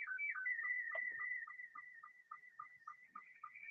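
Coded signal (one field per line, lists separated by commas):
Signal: SSTV (slow-scan television)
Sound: warbling start, then a steady high tone broken by short low chirps about thrice a second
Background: faint radio static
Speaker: oh here's one that's looks interesting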